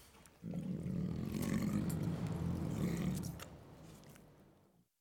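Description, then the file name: Tiger uttering one sustained, deep rumbling growl that fades away gradually into silence. Tiger recorded while eating. "Digiffects Sound Effects Library - Tiger Eating"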